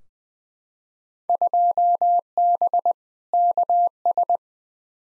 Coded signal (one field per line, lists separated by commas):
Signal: Morse code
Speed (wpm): 20 wpm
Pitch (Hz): 700 Hz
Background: none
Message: 2B KS